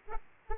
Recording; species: mosquito wingbeat signal from an infrared sensor; Aedes aegypti